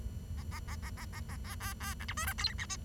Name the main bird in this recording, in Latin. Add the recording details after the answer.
Lonchura striata domestica. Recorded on 23 June 2012 at 09:22. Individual gr41rd51